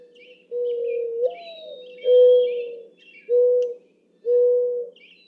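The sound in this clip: Mourning dove cooing song: a soft drawn-out note that rises and falls, followed by three steady low coos evenly spaced, with faint high chirps of other birds behind.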